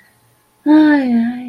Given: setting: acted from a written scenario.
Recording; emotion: vocal sound without words; romantic love